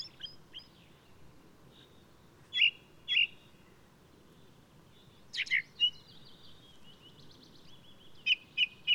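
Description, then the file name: Ring ouzel singing loud, fluty notes in pairs and short runs, broken by a harsh, scratchy twittering phrase. Singing male of the alpine subspecies alpestris, recorded 22 May 2018 at Důl Bílého Labe in the Krkonoše mountains, Czech Republic. "180522 BIO rouz-alpestris-1-M-S cz dul-bileho-labe"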